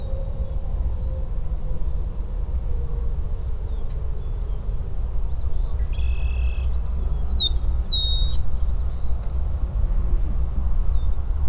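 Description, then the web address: Eastern meadowlark singing one phrase of sweet, descending slurred whistles against a constant low rumble. "sound Eastern-meadowlark. صدای-پرنده-چمن-چکاو-شرقی"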